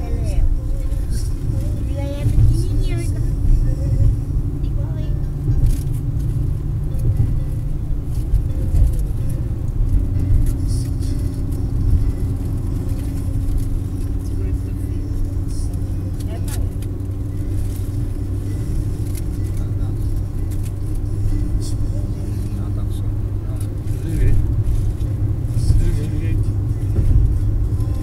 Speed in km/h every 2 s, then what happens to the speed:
61, 60, 61, 62, 61, 61, 63, 64, 66, 67, 68, 69, 69, 68.
0-28 speeds up to 68.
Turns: none.